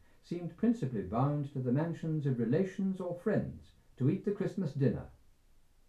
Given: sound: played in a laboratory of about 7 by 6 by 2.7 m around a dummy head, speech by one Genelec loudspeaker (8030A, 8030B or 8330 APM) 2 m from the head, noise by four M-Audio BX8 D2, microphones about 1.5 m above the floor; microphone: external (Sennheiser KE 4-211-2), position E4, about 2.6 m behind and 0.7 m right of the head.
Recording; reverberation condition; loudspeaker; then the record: male speech in English; low; 150 degrees to the right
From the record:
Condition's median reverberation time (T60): about 310 ms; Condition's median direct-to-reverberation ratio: about 3.5 dB